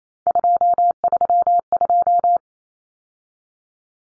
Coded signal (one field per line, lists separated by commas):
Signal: Morse code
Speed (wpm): 28 wpm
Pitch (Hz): 700 Hz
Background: none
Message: 232